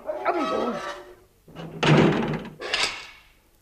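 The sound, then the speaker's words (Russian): A creaking swing is followed by a door slamming shut with a loud, heavy thud, then a second sharp clunk as it is bolted or locked, shutting captives in on their master's order. “Посиди за этой дверью, подумай, жить хочешь или умирать хочешь? Запри их, как я думаю.”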